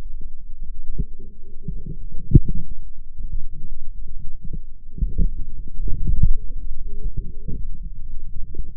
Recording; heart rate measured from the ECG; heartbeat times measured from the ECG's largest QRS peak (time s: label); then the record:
heart sounds by microphone in the left ear; 72 bpm
0.82 s: heartbeat
1.68 s: heartbeat
2.50 s: heartbeat
3.26 s: heartbeat
4.06 s: heartbeat
4.92 s: heartbeat
5.76 s: heartbeat
6.55 s: heartbeat
7.40 s: heartbeat
8.28 s: heartbeat
From the record:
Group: healthy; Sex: female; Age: 22 years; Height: 160 cm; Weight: 63 kg